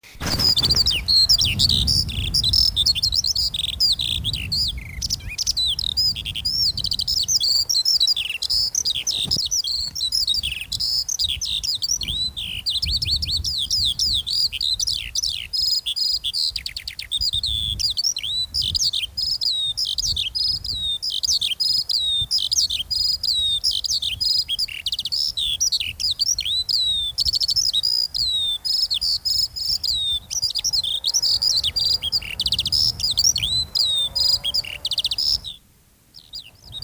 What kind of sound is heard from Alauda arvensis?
song